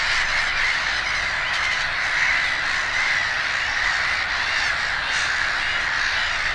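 Black-headed gulls calling as a dense colony, a continuous wash of harsh, grating squawks that overlap without pause for the whole stretch.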